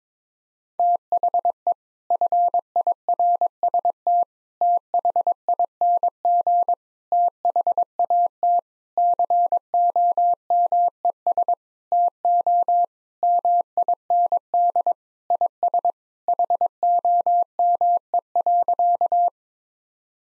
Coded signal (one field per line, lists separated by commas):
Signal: Morse code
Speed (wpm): 22 wpm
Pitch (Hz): 700 Hz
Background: none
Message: THE FIRST THING THAT COMES TO MIND IS HOME.